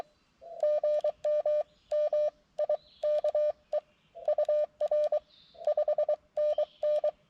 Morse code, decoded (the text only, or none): GM MIKE UR 5NN